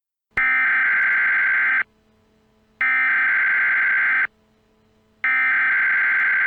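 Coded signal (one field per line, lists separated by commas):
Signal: Emergency Alert System (SAME) tones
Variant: header bursts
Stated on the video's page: Fictional EAS scenario, not a real alert.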